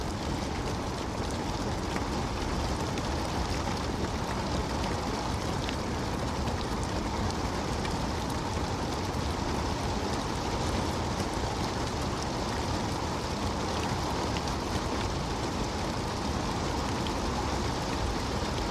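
Rain falls in a steady, dense hiss with no pauses, full through the low end, with faint scattered drops ticking brighter above.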